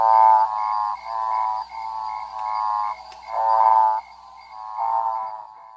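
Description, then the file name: Common lesser escuerzo giving harmonic, nasal croaking notes about half a second long, repeated with short gaps, with a faint steady high tone behind. "Odontophrynus americanus"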